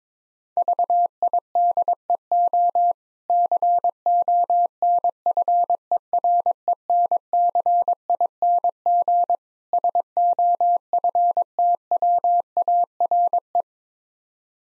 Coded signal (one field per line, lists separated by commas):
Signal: Morse code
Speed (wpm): 22 wpm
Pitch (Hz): 700 Hz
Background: none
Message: VIDEO CONFERENCING SOFTWARE